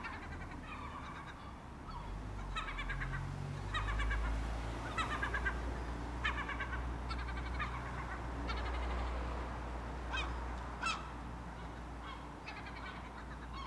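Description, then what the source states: Gull gives short, clipped calls in quick repeated runs over a steady low rumble. Urban setting.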